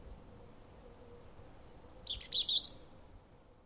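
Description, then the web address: European robin: a thin high whistled note followed by a short burst of rapid, jangling high twitters; low background hum throughout. "Deverinetal 2025 File origin Bird Only Er Ru"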